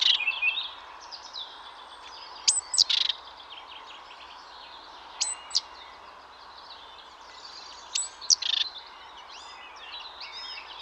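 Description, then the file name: Great tit calls: pairs of sharp, high sweeping notes repeated every few seconds, with a chorus of other small birds chirping throughout. "Parus major"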